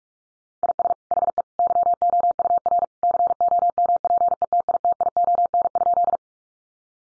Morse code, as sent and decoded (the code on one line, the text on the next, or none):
.. ... / .... . / -.-- --- ..- .-. / -.-. --- -- .--. . - .. - .. --- -. ..--..
IS HE YOUR COMPETITION?